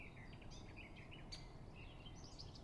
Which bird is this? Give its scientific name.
Dendrocopos major